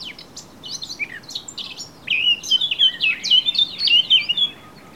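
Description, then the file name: Eurasian blackcap song: quieter scratchy notes at first, then a loud sequence of clear, rich whistles with varied pitch from about two seconds to about four and a half seconds. "Sylvia atricapilla"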